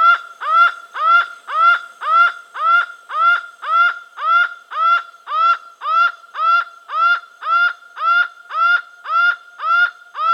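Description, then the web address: Laughing falcon repeating loud rising nasal single notes about twice per second in a fast, regular rhythm. South America. "Natures Songs S America Laughing Falcon"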